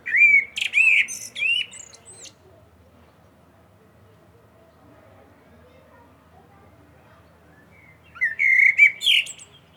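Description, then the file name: Common blackbird song: loud clear whistled phrases with squeaky high twitters, an opening phrase and a closing one after a long pause. "Turdus merula"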